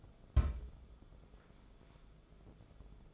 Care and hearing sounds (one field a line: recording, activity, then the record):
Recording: daily activity, microphone in the room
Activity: place on stove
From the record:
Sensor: 5